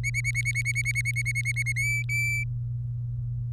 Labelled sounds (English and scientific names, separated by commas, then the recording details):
Domestic Canary (Serinus canaria) song
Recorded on 23 April 2018 at 15:44
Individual llb3